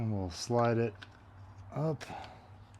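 A battery pack is slid up on the mount of a Furlihong ball feeder for a 4-wheel baseball pitching machine while someone talks. Faint handling noises follow, and a small tick comes near 2.7 s. Nothing has seated or clicked yet; the pack has not snapped into place.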